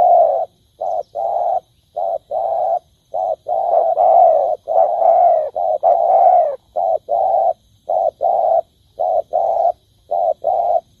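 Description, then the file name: Spotted dove delivering a long run of coos, short and drawn-out notes mixed in an almost continuous series. "tieng cu dat gay"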